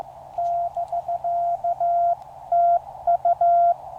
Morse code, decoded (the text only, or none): <BK>TU